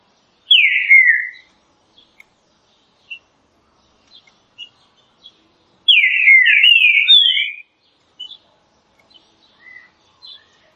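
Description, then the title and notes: Green-winged saltator: loud, clear whistled song of a green-winged saltator, two phrases about five seconds apart separated by sparse soft chirps. Classic song, used for training. "Canto Clássico Trinca Ferro TREINAMENTO. trinca fero"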